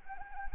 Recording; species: mosquito wingbeat signal from an infrared sensor; Anopheles arabiensis